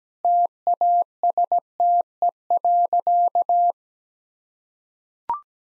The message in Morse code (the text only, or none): TASTE.